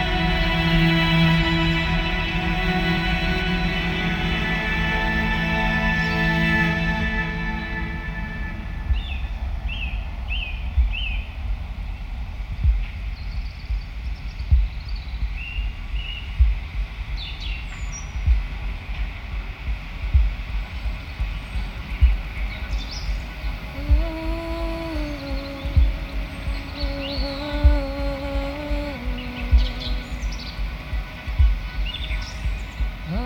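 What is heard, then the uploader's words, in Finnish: A forest ambience that opens with a loud, steady droning hum, like an engine, which fades out after about seven seconds. Scattered high bird chirps follow, with a run of lower whistled calls around 24 to 29 seconds over soft thuds and a quiet rumble. Helsingin reitit - Keskusmetsä. Kenttä-äänittämiselle korona-aika tarjosi lentomeluttoman ympäristön. Binauraalisilla tekniikoilla äänitetty Keskusmetsä-teos.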